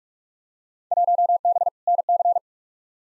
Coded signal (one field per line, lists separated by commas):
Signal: Morse code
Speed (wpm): 46 wpm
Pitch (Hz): 700 Hz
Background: none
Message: 1B NC